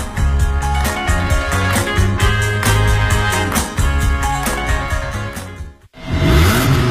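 A car engine revs loudly over a driving, beat-heavy music track; the sound cuts out briefly near the end, then an engine roar swells back in.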